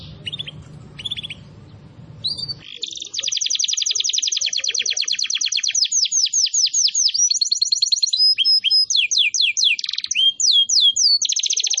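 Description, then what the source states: Canary song: long bright run of rapid high trills and sweeping notes, shifting between rolled phrases and buzzy tours, after a few short chirps over low hum. Used as a lure to attract birds.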